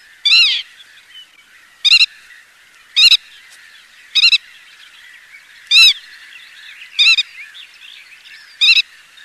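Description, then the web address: Black-tailed godwit calls: several short harmonic notes repeated at slightly uneven intervals, with faint background sounds between them. "FILTERED PITTIMA"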